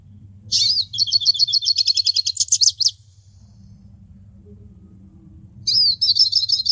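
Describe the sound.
Hooded siskin twittering: a high, rapid, buzzy run of notes lasting over two seconds, a quiet gap, then another short twittering burst, with a faint low hum underneath.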